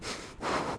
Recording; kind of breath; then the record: one breath in and out by a microphone near the nose and mouth; strong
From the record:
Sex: male